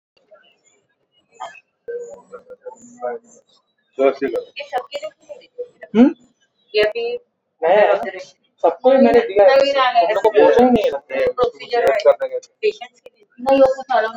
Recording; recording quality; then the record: shallow breathing; poor, much background noise or distortion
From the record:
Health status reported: exposed to COVID-19, no respiratory illness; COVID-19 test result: negative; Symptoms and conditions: none ticked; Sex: female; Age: 54 years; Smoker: not ticked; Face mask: not worn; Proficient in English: yes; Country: India